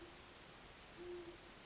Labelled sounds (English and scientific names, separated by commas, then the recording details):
Great Horned Owl (Bubo virginianus)
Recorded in Sonoma County, California